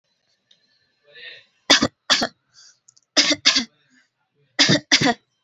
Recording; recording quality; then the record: shallow voluntary cough; excellent, no background noise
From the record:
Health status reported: exposed to COVID-19, no respiratory illness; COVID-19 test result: not tested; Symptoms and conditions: cough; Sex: female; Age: 28 years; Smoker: not ticked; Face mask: not worn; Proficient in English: yes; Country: India